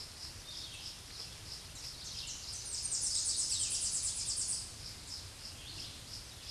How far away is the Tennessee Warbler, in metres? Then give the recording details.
about 15 m. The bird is about 10 m above the microphone. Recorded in a Pennsylvania forest on 16 May 2024 at 07:59. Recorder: AudioMoth, point MSD-2208. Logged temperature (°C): 15.2 °C. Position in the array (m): 136 m, 90 m